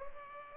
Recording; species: mosquito wingbeat signal from an infrared sensor; Culex pipiens